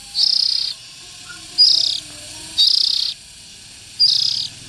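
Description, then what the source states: Oriental magpie-robin raspy calls: four hissing bursts, each about half a second long, spaced roughly every one and a half seconds, with quiet faint tones between. Young birds.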